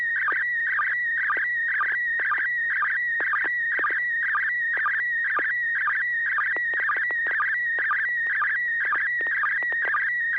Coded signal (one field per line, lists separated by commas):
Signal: SSTV (slow-scan television)